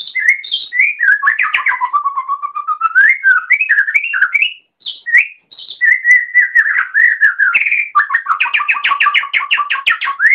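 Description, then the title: Oriental magpie-robin song of varied whistles and slurred warbles, a short pause, then more whistled phrases ending in a fast rattling trill. "Kicau Kacer"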